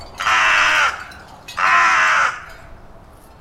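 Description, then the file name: Carrion crow calling two rasping caws in quick succession, then quiet. "Corvus corone"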